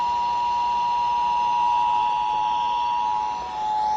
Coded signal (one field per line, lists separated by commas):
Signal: Emergency Alert System (SAME) tones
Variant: 853 and 960 Hz attention tone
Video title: EAS #662 - Child Abduction Emergency